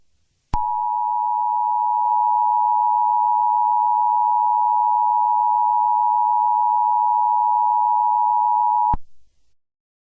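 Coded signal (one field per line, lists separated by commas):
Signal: Emergency Alert System (SAME) tones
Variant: 853 and 960 Hz attention tone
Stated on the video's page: Fictional EAS scenario based on a Roblox game; contains music.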